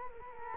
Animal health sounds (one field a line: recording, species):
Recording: mosquito wingbeat signal from an infrared sensor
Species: Culex quinquefasciatus